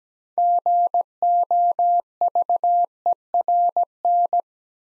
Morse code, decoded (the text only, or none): GOVERN